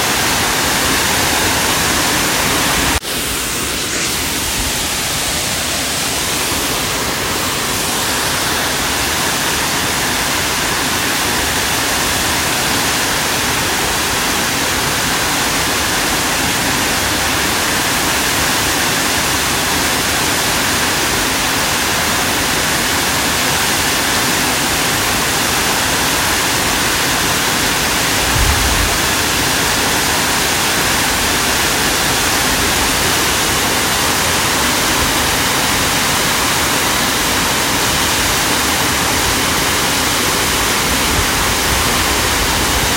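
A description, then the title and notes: A waterfall roars in a steady, dense wash that fills everything from deep rumble to bright hiss, barely changing over the whole stretch. Near the start a single sharp click cuts through, and a brief low thump sounds around the twenty-eight second mark. Foresta Falls in Yosemite National Park. Yosemite waterfall. Recorded live, on location.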